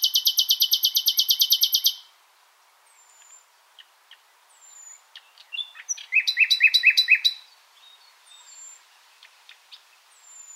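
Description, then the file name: Common nightingale song: a loud, rapid, evenly pulsed high trill, scattered soft notes, then a short buzzy trilled phrase. "Luscinia megarhynchos"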